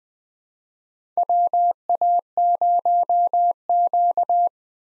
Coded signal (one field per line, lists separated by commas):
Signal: Morse code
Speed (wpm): 20 wpm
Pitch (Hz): 700 Hz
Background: none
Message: WA0Q